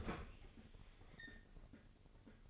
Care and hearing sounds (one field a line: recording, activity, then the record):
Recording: daily activity, microphone in the room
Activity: open fridge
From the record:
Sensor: 4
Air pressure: 996.0 hPa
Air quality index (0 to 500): 62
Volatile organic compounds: 2 ppm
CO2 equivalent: 1110 ppm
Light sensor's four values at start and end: 16/44/17/19 and 15/40/15/17